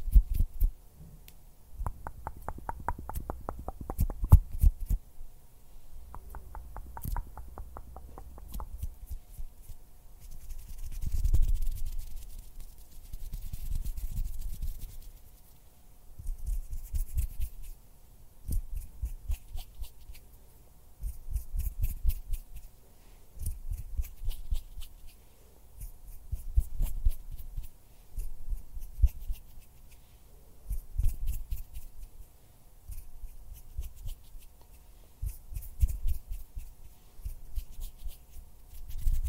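Quiet hand sounds and finger fluttering come in bursts of rapid, soft ticking and rubbing, with short crisp flutters near the start. The textures come and go in waves every few seconds over a low, steady hush.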